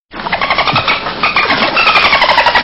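Dolphin burst-pulse sounds, a rapid buzzing train of pulses with bright tonal bands, running unbroken for under three seconds.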